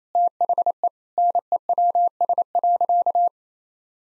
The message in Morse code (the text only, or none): THE NEWS.